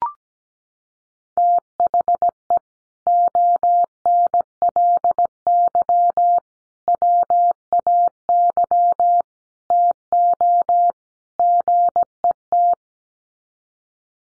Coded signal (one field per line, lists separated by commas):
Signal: Morse code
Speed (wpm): 17 wpm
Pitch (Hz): 700 Hz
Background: none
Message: THE ONLY WAY TO GET